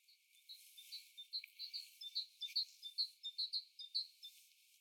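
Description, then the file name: Great tit calling with a steady series of high, thin paired chirps, repeated about two to three times per second, over faint background hiss. "Parus major"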